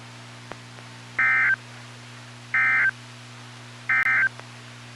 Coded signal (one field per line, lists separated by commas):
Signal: Emergency Alert System (SAME) tones